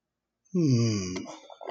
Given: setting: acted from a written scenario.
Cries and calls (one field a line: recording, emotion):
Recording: vocal sound without words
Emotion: confusion